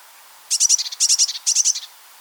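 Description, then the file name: Eurasian blue tit calling, three quick bursts of high, thin chittering notes, each of several notes, evenly spaced across under two seconds. "Cyanistes caeruleus"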